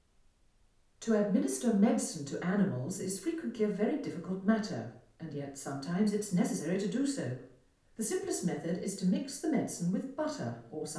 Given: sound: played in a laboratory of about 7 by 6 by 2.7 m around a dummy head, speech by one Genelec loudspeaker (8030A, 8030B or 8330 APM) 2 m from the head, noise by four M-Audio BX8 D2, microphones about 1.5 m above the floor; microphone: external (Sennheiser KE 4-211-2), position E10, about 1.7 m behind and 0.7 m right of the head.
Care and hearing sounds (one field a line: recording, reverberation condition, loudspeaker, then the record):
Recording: female speech in English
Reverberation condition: medium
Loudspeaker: 60 degrees to the right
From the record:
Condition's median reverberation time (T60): about 510 ms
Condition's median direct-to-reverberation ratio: about -0.5 dB